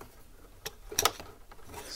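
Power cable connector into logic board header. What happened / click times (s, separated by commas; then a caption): The connector snapped onto its board header / 1.0 s. A power cable connector is pushed onto its header on the logic board of a Macintosh Classic II, an all-in-one computer. Faint ticks at 0.7 s lead into two sharp snaps at 1.0 s and 1.1 s, with a softer tick following at 1.2 s. The connector snaps into place, seated on the board.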